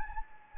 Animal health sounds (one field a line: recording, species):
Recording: mosquito wingbeat signal from an infrared sensor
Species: Anopheles gambiae